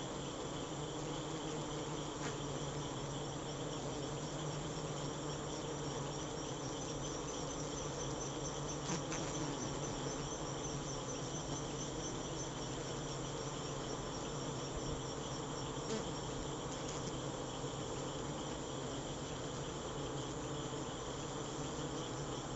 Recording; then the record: honeybee defence experiment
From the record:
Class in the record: attack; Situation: Africanized honeybees under attack by Camponotus atriceps ants